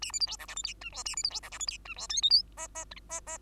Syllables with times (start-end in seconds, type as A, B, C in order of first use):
0.02-0.12 A, 0.12-0.20 B, 0.20-0.27 C, 0.27-0.37 D, 0.39-0.47 E, 0.48-0.55 F, 0.56-0.63 G, 0.63-0.74 H, 0.81-0.90 I, 0.92-1.03 J, 1.05-1.15 A, 1.16-1.23 B, 1.23-1.30 C, 1.30-1.40 D, 1.43-1.50 E, 1.51-1.59 F, 1.59-1.66 G, 1.67-1.77 H, 1.85-1.95 I, 1.96-2.07 J, 2.09-2.21 K, 2.22-2.30 L, 2.30-2.42 M, 2.57-2.67 N, 2.75-2.85 N, 3.09-3.21 N, 3.27-3.38 N